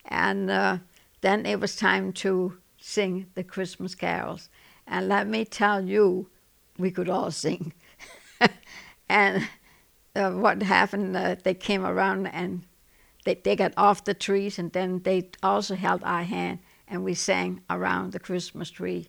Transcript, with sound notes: And, uh, then it was time to sing the Christmas carols. And let me tell you, we could all sing. ( she laughs ) And what happened, they came around, and they got off the trees, and then they also held our hand, and we sang around the Christmas tree.